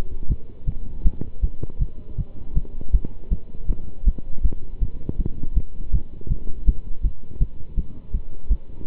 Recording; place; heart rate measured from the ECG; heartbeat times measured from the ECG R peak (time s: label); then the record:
heart sounds by stethoscope; between the tricuspid and mitral areas; 161 bpm
0.28 s: heartbeat
0.66 s: heartbeat
1.03 s: heartbeat
1.41 s: heartbeat
1.79 s: heartbeat
2.17 s: heartbeat
2.54 s: heartbeat
2.91 s: heartbeat
3.29 s: heartbeat
3.67 s: heartbeat
4.04 s: heartbeat
4.42 s: heartbeat
4.80 s: heartbeat
5.17 s: heartbeat
5.54 s: heartbeat
5.92 s: heartbeat
6.29 s: heartbeat
6.65 s: heartbeat
7.02 s: heartbeat
7.39 s: heartbeat
7.76 s: heartbeat
8.12 s: heartbeat
8.48 s: heartbeat
8.85 s: heartbeat
From the record:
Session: pedaling a stationary bicycle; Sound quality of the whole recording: good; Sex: male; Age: 27 years